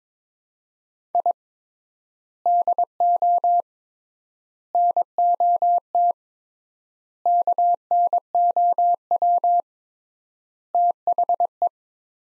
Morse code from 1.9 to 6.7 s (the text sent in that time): DO NOT